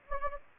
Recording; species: mosquito wingbeat signal from an infrared sensor; Anopheles gambiae